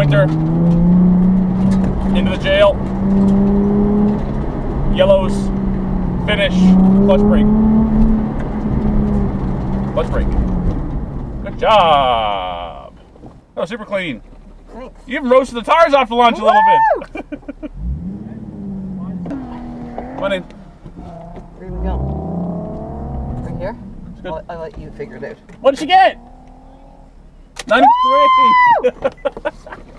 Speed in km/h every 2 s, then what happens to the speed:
49, 53, 56, 58, 60, 47, 26, 0, 4, 4, 0, 8, 0, 0, 0.
0-8 speeds up to 60. 8-13 brakes to 0. 13-21 standing. 24-30 standing.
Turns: none.